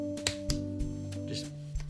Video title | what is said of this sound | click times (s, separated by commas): STOMP ‘N ESCAPE T-REX REVIEW! JURASSIC WORLD CAMP CRETACEOUS | You're gonna want to put it like that and then push it in, and it should just click into place. | 0.3 s, 0.5 s